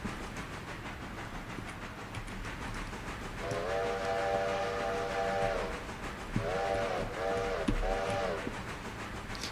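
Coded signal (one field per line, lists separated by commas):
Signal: train horn signal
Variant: steam locomotive whistle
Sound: steam whistle chord blows one long blast then three short blasts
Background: locomotive rumble, game audio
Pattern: 1 long, 3 short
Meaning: By standard railroad rules, one long and three short tells the flagman to protect the rear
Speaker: I don't know if that's the correct whistle signal it's just the one I know it's the one we're using today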